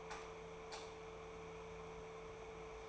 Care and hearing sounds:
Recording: daily activity, microphone in the room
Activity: light off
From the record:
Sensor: 1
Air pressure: 1014.7 hPa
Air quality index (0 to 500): 178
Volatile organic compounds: 15 ppm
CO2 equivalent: 2517 ppm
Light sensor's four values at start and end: 17/48/19/21 and 14/34/14/16

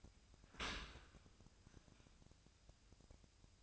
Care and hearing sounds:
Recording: daily activity, microphone in the room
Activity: open dishwasher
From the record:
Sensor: 2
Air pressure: 1003.0 hPa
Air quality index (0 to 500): 198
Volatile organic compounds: 6 ppm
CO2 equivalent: 1880 ppm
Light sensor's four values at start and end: 13/32/14/15 and 13/32/14/15

